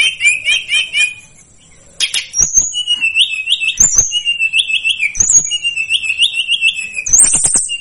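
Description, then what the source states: Tledekan gunung song: rapid, warbled trilled phrases repeated several times, broken by sharp, high, thin notes and brief clicks. Used as a master recording for training cage birds.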